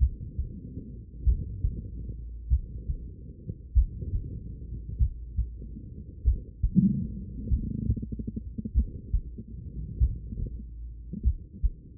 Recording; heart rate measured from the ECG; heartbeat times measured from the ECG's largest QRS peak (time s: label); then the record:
heart sounds by stethoscope; 48 bpm
1.23 s: heartbeat
2.48 s: heartbeat
3.73 s: heartbeat
4.97 s: heartbeat
6.22 s: heartbeat
7.48 s: heartbeat
8.72 s: heartbeat
9.98 s: heartbeat
11.22 s: heartbeat
From the record:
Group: heart failure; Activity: rest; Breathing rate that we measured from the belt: 22 breaths a minute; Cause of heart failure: idiopathic cardiomyopathy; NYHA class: 2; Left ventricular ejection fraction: 53%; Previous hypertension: present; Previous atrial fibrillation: present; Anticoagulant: apixaban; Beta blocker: bisoprolol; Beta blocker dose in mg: 2.5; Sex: female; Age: 67 years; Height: 150 cm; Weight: 81 kg